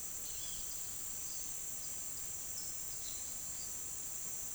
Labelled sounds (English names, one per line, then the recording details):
none
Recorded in pastures near Puerto Asís, Putumayo, Colombia, on 22 June 2025 at 10:00
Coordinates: 0.466, -76.322
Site GP07